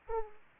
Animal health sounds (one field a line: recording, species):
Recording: mosquito wingbeat signal from an infrared sensor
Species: Aedes aegypti